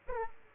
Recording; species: mosquito wingbeat signal from an infrared sensor; Aedes aegypti